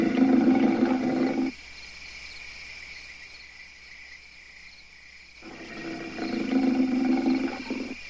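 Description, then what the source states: Ape growls harshly at the start, falls quiet for about four seconds, then returns with another rough, throaty growl near the end. Angry apes, long bouts of screaming and growling.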